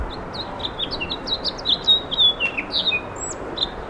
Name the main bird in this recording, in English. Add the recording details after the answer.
House Finch. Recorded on Long Island, New York, on 17 May 2012. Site AB. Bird B